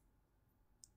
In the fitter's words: it has this nice click here so it holds in position